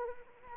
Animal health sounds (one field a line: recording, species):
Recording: mosquito wingbeat signal from an infrared sensor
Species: Anopheles arabiensis